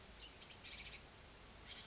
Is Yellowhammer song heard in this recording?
no